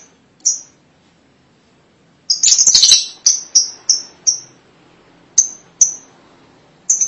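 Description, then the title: Lovebird calls: a high chirp, a brief harsh chatter, then a run of high, clipped chirps with short pauses between them. "Suara Burung Lovebird"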